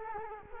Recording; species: mosquito wingbeat signal from an infrared sensor; Culex quinquefasciatus